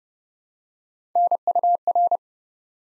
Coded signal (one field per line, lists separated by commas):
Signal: Morse code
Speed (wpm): 29 wpm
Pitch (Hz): 700 Hz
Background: none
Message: NUR